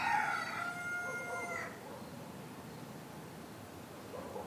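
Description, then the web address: Rooster crow, a strong drawn-out harmonic call lasting under two seconds, followed by quiet background hiss and a faint low sound near the end. Morning, several cockcrows. "the sound pack tree. morning with cockcrows"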